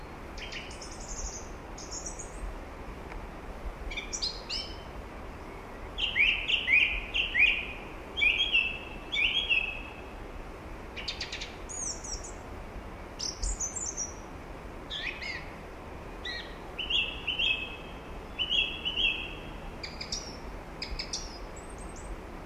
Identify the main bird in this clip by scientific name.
Turdus philomelos